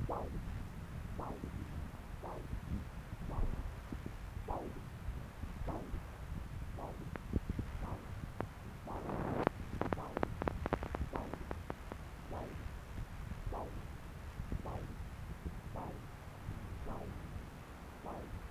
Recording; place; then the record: Doppler ultrasound of blood flow; left subclavian vein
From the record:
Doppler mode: continuous wave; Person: adult scuba diver, at rest before a dive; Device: O'Dive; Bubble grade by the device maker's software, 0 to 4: 0